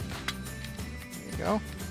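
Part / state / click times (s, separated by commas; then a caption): plastic piece of a transforming action figure / not seated / none. A plastic piece of an Optimus Prime transforming action figure is handled during its transformation. Someone talks over background music, with a brief sharp sound near 0.3 s. Nothing has seated or clicked into place yet.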